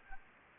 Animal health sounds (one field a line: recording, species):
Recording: mosquito wingbeat signal from an infrared sensor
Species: Anopheles gambiae